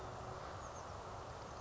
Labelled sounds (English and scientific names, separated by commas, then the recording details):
Oak Titmouse (Baeolophus inornatus)
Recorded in Sonoma County, California